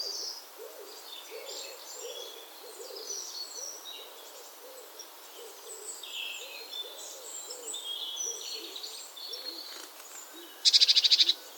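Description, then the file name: Great tit giving a short, harsh churring rattle near the end, over a busy chorus of high twittering birds and soft low hooting notes repeated throughout. "Parus major"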